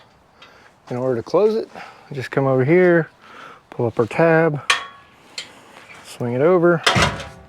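Someone talks while the tab is pulled up and the steel swing-out tire carrier arm of an Expedition One dual swing-out rear bumper and tire carrier on a Jeep Gladiator Rubicon is swung toward its closed latch on the rear bumper, with brief sharp knocks at about 0.4 s and 5.4 s. The arm is handled but nothing has seated or latched yet.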